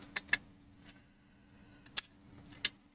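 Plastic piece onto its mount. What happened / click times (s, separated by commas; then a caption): The plastic piece does not clip in at this spot / none. A plastic piece is tried onto its mount in another position, giving several short sharp plastic taps and knocks at about 0.2, 0.3, 2.0 and 2.7 seconds over a low steady hum. It does not clip in at this spot either, and nothing has seated or clicked yet.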